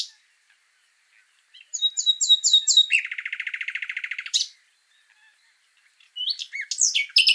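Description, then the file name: Common nightingale singing a few sharp repeated notes, then a long, rapid low rattle lasting over a second, ending in a loud burst, with more strident phrases after a pause. "Luscinia megarhynchos"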